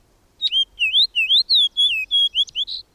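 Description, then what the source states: Fox sparrow song: a loud series of clear whistled notes, rising and falling slurs run together over about two and a half seconds, ending in a short buzzy note. One of the earliest bird songs of spring; loud, spirited song of whistled notes.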